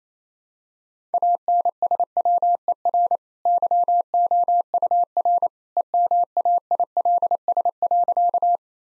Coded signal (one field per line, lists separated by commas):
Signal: Morse code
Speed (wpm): 28 wpm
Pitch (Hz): 700 Hz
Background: none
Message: ANSWER YOUR EMAILS.